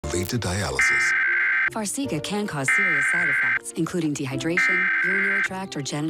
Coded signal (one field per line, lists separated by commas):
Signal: Emergency Alert System (SAME) tones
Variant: header bursts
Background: speech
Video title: National EAS Test in Pittsburgh Pennsylvania. 10/4/2023.